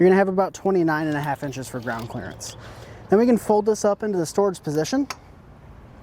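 A Kuat NV 2.0 Base platform bike rack for two bikes sits in the hitch of a 2019 Ford Expedition while someone talks about its ground clearance. The rack tray is being readied to fold up into its upright storage position. Nothing has clicked or locked into place yet.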